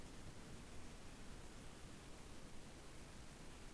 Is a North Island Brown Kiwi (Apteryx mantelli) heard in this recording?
no